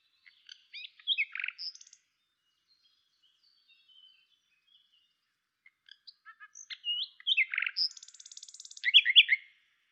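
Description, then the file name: Common nightingale song: varied phrases of sharp clicks, slurred notes and a rapid buzzy trill, two bursts separated by a quiet pause. "Luscinia megarhynchos"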